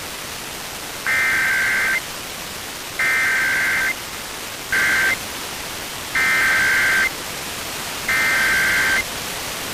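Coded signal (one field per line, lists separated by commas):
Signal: Emergency Alert System (SAME) tones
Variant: header bursts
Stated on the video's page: National test received from FM broadcast stations in the Springfield and Hartford area, recorded via baseband file.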